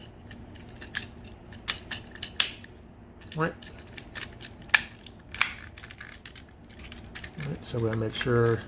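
A plastic panel on a Transformers Siege WFC Leader Astrotrain figure is evened up so it drops into its slot, with light plastic taps and handling sounds throughout. A sharp plastic click at 2.4 s marks the panel falling into place and seating. Someone talks near the end.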